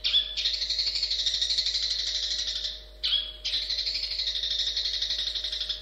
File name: suara burung cendet